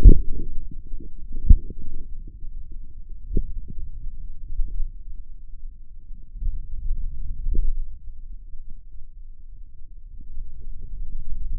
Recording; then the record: forearm muscle sounds (acoustic myography)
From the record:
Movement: finger pinch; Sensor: system 2, bracelet of six BSWA MPA416 microphones around the upper forearm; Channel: 4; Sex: male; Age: 22 years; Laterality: right